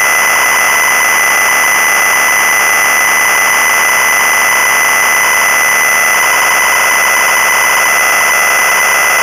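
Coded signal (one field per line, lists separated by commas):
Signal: ZX Spectrum tape loading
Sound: harsh continuous screech with a steady high tone and rapid warbling buzz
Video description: Versión para ZX Spectrum de la canción Bibo, con su carga y todo.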